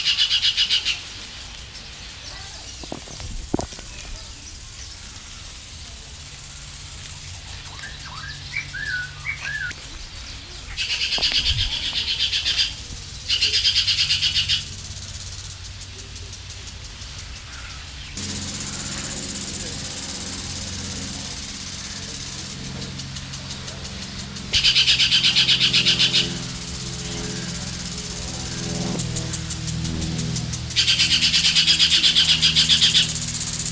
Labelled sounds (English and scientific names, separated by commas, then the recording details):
Crested Oropendola (Psarocolius decumanus) call
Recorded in captivity
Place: Zoo Berlin, Berlin, DE
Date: 1996-06-01 13:27
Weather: sonnig, 22°C
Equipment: Sony MD-WM MZ-R3, Sennheiser MKH 416 T, Kopie Uher 4000 Report Monitor
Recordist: Tembrock, Günter